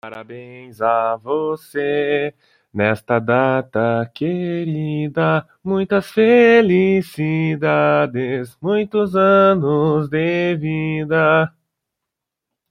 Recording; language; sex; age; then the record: short text; Brazilian Portuguese; male; 20 to 29 years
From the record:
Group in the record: control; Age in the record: 22 years